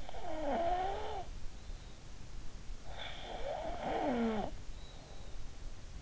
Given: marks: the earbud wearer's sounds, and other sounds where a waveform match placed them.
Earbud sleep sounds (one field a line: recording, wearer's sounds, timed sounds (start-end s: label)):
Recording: sounds in sleep by an in-ear microphone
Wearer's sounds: snoring breath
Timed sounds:
0.13-1.73 s: snoring breath
3.25-5.53 s: snoring breath